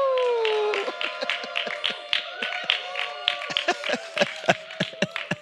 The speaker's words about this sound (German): Ja, wenn das kein Jubelschrei ist, dann weiß ich auch nicht.